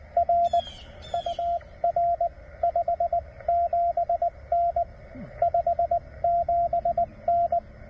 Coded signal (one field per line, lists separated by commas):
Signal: Morse code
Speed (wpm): 20 wpm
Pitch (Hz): 700 Hz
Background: radio noise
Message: R UR 57N 57N